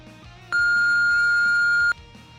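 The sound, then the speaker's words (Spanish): An answering machine beep: one long, steady, high-pitched electronic tone held for well over a second, loud and even, then cutting off sharply over a faint low background hum. “Bueno, deja tu mensaje después de la señal.”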